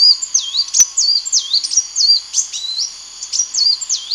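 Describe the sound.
Bird song: loud, clear, high whistled phrases that swoop down and back up, repeated rapidly with short gaps, against a quiet background.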